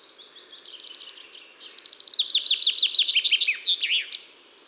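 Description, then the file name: Common chaffinch song: a rapid series of high notes growing louder into repeated downward-sweeping notes, ending with a short flourish, over faint background hiss. "Fringilla coelebs"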